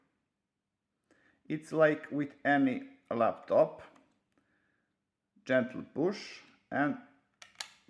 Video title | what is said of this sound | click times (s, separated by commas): How to disassemble ZimaBlade and how to plug in memory to it | press down until you hear click | 7.4 s, 7.6 s